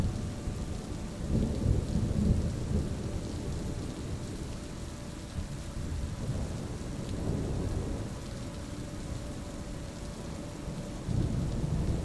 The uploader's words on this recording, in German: In dieser Folge kombinieren wir den beruhigenden und natürlichen Klang eines kraftvollen Sturms mit sanfter und harmonischer Musik.